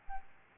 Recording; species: mosquito wingbeat signal from an infrared sensor; Aedes albopictus